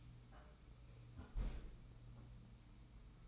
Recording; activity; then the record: daily activity, microphone in the room; close fridge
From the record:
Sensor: 1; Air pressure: 991.0 hPa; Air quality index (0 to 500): 114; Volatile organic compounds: 134 ppm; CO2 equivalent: 3950 ppm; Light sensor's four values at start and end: 20/47/19/21 and 20/46/19/21